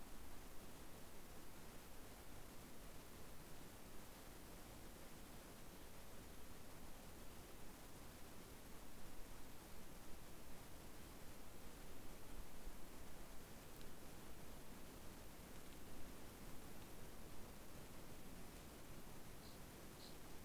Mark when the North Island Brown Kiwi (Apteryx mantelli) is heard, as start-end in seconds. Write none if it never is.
none